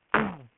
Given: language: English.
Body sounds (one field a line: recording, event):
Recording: throat vibration sensor signal played as sound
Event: throat clearing